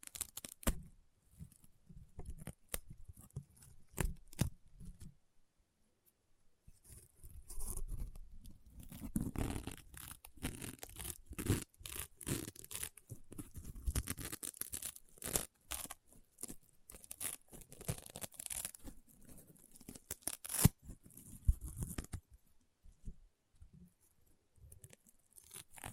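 Crunchy honeycomb slime is worked by hand, giving dense bursts of crackling, popping and tearing sounds. Activity comes in irregular clusters, quieter and sparser for the first seven seconds, then thick and busy until about 22 seconds, when it thins to scattered pops.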